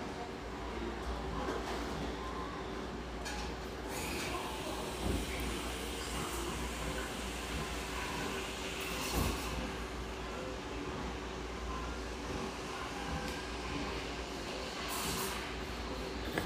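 Steady coffeehouse murmur with mellow radio music under a constant low rumble and a faint sustained hum. Brief louder clatters stand out around five and nine seconds, and short bright hissing bursts rise near four, nine and fifteen seconds.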